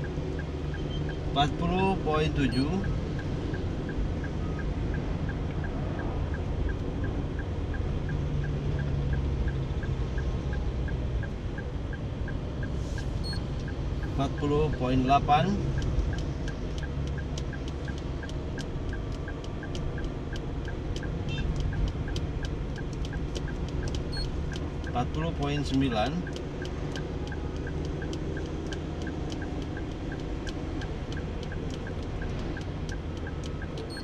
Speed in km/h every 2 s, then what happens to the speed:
34, 35, 35, 35, 35, 35, 35, 35, 35, 36, 36, 36, 37, 37, 38, 38, 38.
0-34 steady at about 35.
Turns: none.